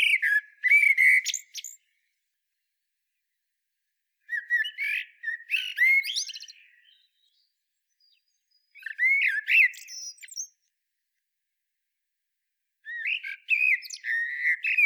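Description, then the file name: Eurasian blackbird singing four phrases of fluting warble mixed with high, scratchy twitter, separated by short silent gaps. "Turdus merula"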